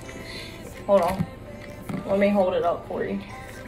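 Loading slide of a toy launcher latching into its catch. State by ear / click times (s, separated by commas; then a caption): not seated / none. A child handles the loading slide at the bottom of a plastic toy hammer-launcher, working toward pulling it until its catch clicks and holds in the cocked position. Someone talks throughout, with two faint, brief knocks at about 1.6 and 1.9 seconds. Nothing has seated or clicked yet.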